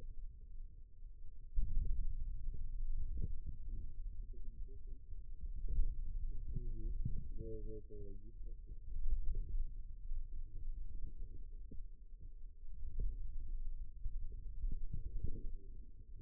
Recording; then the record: forearm muscle sounds (acoustic myography)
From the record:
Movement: finger pinch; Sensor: system 2, bracelet of six BSWA MPA416 microphones around the upper forearm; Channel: 4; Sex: male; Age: 22 years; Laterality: right